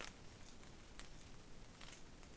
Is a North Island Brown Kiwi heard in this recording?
no